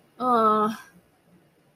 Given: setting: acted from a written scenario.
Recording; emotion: vocal sound without words; disappointment